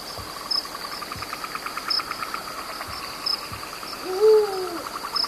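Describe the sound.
Eurasian eagle-owl call heard once near the end, a short rising-and-falling note, with steady high-pitched cricket chirps and rhythmic insect pulses throughout.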